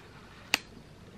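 An interchangeable lens, aligned red dot to red dot with the camera body mount, is twisted until it locks. A single sharp click sounds at 0.5 s against a quiet background. The lens is seated in the mount.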